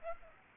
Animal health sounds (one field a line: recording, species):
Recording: mosquito wingbeat signal from an infrared sensor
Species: Aedes aegypti